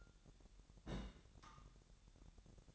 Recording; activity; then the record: daily activity, microphone in the room; place on stove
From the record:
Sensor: 3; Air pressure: 1012.0 hPa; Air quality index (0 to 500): 210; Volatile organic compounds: 4 ppm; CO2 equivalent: 1572 ppm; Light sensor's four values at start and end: 111/261/109/99 and 111/261/109/99